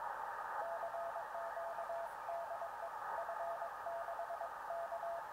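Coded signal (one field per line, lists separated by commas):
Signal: Morse code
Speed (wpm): 23 wpm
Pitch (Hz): 680 Hz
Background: radio noise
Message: CQ DE F6 K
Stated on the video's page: CW contact via the FO-29 satellite, received on a Flex-1500 with a microwave converter and transmitted on a Yaesu FT-897.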